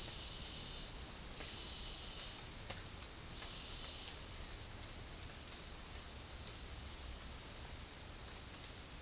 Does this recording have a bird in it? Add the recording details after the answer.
no. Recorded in dense forest near Puerto Asís, Putumayo, Colombia, on 9 March 2025 at 16:30. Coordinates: 0.484, -76.325. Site G045